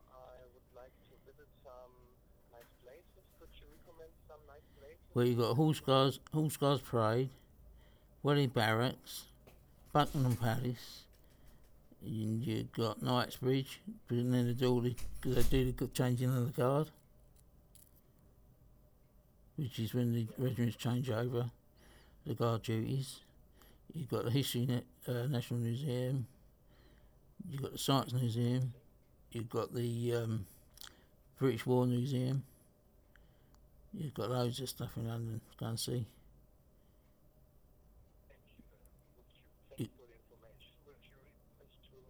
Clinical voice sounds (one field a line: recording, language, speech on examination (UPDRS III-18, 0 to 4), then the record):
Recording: conversation on a phone call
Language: English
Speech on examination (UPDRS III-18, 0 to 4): 2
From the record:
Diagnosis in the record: Parkinson's disease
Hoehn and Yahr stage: 3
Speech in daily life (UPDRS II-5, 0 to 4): 1